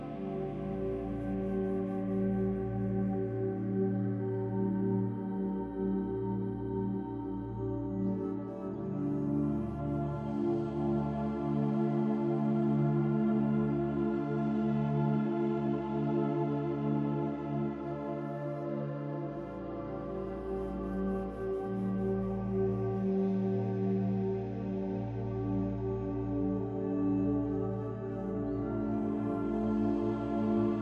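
Soft, sustained music fills the clip with dense layers of held, ringing tones, like singing bowls or a warm pad, staying steady throughout. A low rumble underneath shifts slightly around 9 and 19 seconds, and faint bright shimmers surface every several seconds.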